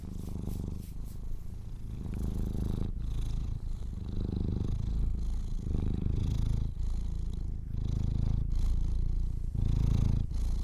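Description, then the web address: Domestic cat purring, a steady low rumble swelling and easing with each breath, several bursts over the stretch, with faint soft clicks and rustles above. Kittens purring. "sleepandrelaxasmr. The Purring Kittens"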